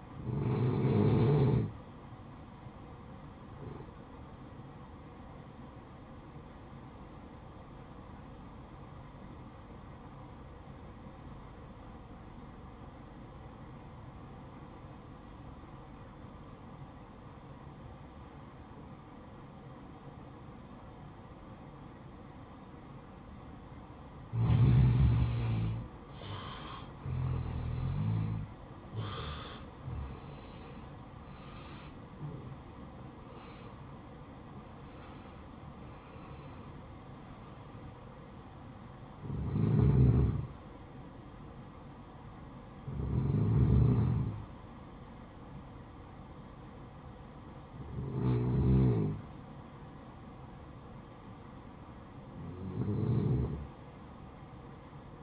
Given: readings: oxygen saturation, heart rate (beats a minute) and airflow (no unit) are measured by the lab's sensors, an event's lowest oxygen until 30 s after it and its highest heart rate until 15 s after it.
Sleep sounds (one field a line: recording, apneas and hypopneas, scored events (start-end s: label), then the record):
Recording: breathing in sleep by a smartphone at the bedside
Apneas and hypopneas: 1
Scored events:
8.00-26.30 s: obstructive apnea (N2, oxygen 93% highest, then 86% lowest, heart rate 55 at the start, 74 highest)
34.00-55.23 s: new sleep stage, N1 (lightest sleep)
From the record:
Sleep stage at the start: N2 (light sleep)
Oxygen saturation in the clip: 86 to 93%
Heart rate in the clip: 53 to 74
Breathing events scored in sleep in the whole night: 573 in 9.8 hours asleep